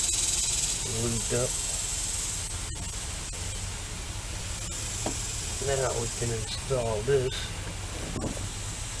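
Someone talks while handling the A/C hard line with orifice tube, its new o-rings lubed, ready to go into the accumulator/evaporator spring-lock coupling on a 2004–2008 Dodge Ram 1500. Over a steady hiss, only brief faint taps are heard. Nothing has seated or clicked yet.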